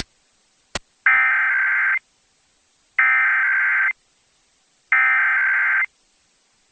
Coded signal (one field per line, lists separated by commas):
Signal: Emergency Alert System (SAME) tones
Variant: header bursts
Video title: WSOC-TV DASDEC is Real | EAS #335 (NC Required Monthly Test from 5/13/2024)